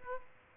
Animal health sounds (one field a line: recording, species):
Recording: mosquito wingbeat signal from an infrared sensor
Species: Aedes aegypti